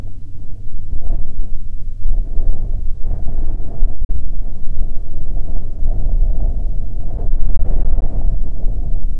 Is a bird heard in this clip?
no